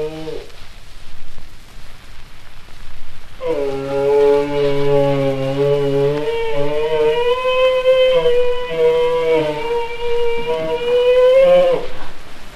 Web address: bactrian camel